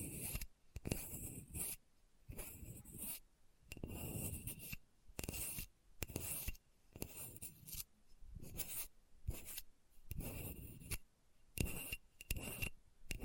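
Scratching across a hard, bumpy surface comes in short rough strokes, roughly one or two per second, with brief silent gaps between them. Each stroke has a gritty, scraping texture with a faint thin squeak riding on top, and the bursts vary slightly in loudness.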